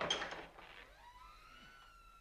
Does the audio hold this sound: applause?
no